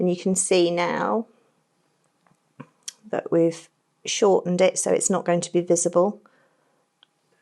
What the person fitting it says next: and it just clicks into place and holds there nicely